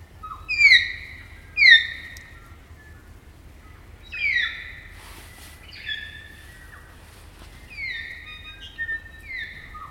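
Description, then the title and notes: Kaka song: loud descending whistled notes, two at the start, then softer descending whistles later, against a quiet background with low hum. Kakas, a large parrot, singing an eerie dusk chorus in late spring at Karori Sanctuary near Wellington, New Zealand. "It's late spring at the Karori Sanctuary near Wellington, New Zealand and the kakas – a large species of parrot – are singing their eerie dusk chorus. BBC Countryfile Magazine's Sound Escapes. Recorded by Margaret Bartlett"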